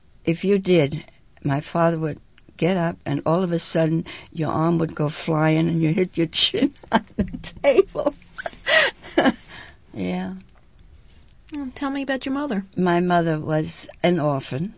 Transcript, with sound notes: If you did, my father would get up and all of a sudden your arm would go flying and you'd hit your chin on the table. ( she laughs )
Tell me about your mother.
My mother was an orphan.